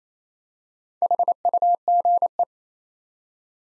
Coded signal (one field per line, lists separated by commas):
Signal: Morse code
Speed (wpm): 29 wpm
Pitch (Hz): 700 Hz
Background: none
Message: HUGE